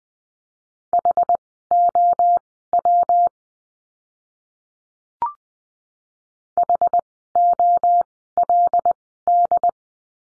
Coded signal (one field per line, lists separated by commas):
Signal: Morse code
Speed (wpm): 20 wpm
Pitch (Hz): 700 Hz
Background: none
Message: HOW HOLD